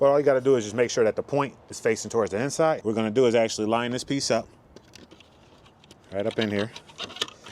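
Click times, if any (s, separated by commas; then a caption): none. Someone talks while holding a plastic M-style side mirror cap for a BMW F Series, with its point facing toward the inside, and lines it up on the car door mirror housing. Faint plastic taps and handling noises come in the pause around 4.8–5.9 s, and a few sharper knocks follow near the end as the talking resumes. The cap has not snapped into place yet.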